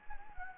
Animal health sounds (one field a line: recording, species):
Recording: mosquito wingbeat signal from an infrared sensor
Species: Anopheles gambiae